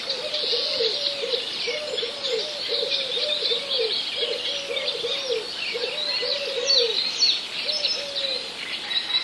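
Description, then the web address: Eurasian collared dove cooing in closely spaced, repeated low phrases through the whole stretch, accompanied by a continuous chorus of high chirping small birds. Recorded in a village. "wroblowe kolekcja sierpowkiwewsi"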